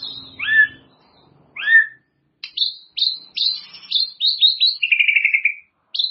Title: murai batu